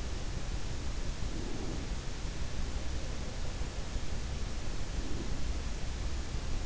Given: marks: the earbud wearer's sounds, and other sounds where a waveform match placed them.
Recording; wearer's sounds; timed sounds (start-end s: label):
sounds in sleep by an in-ear microphone; breath
1.12-2.03 s: breath
4.89-5.54 s: breath